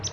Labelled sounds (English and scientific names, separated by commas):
Palm Warbler (Setophaga palmarum) flight call